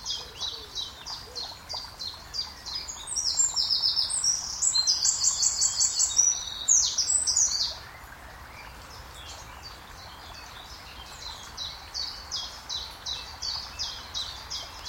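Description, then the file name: Eurasian wren song, repeated high chirps, then a burst of loud high trills and rapid chips, then quieter repeated high chirps. "Eurasian Wren, Zaun Koenig"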